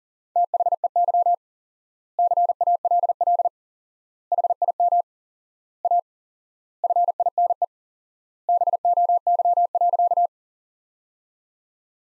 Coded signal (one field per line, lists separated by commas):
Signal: Morse code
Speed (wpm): 40 wpm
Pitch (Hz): 700 Hz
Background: none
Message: THEY CALL HIM A FINE BOY.